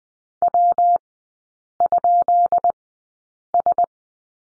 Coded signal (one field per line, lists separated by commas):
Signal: Morse code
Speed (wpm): 20 wpm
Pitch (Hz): 700 Hz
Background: none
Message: W?S